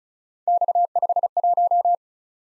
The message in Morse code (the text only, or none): X51